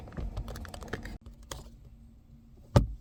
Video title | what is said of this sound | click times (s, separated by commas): LEXUS IS250 - IS250 DEFECTIVE REARVIEW MIRROR REMOVAL & REPLACEMENT (2006-2013) - FULL VERSION | tiny click is what you'll hear | 2.8 s